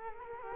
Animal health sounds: mosquito wingbeat signal from an infrared sensor; Culex quinquefasciatus

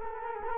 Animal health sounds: mosquito wingbeat signal from an infrared sensor; Culex quinquefasciatus

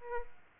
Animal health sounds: mosquito wingbeat signal from an infrared sensor; Aedes aegypti

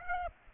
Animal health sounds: mosquito wingbeat signal from an infrared sensor; Aedes aegypti

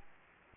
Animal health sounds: mosquito wingbeat signal from an infrared sensor; Aedes aegypti

